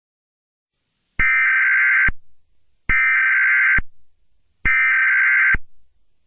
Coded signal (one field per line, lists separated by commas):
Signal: Emergency Alert System (SAME) tones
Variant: header bursts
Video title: EAS Joke - Chaos at the headquarters *CONTAINS BAD LANGUAGE*